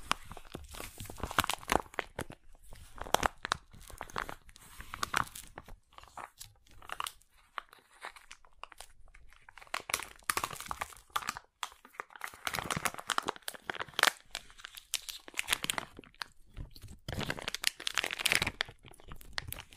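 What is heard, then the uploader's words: Crunchy slime being squeezed and scratched, a dense run of crackling, crinkling pops that fire off rapidly and irregularly throughout. Bursts cluster in busy stretches with brief quieter gaps near 7 and 12 seconds. The crunches are bright and sharp. Crunchy Slime x Brain Scratching.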